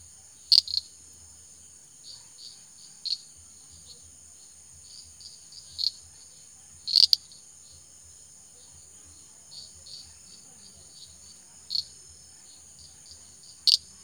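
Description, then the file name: Common shrub frog calls: short sharp high clicks, some bright and others fainter, given irregularly over a steady high insect drone. "Pseudophilautus popularis"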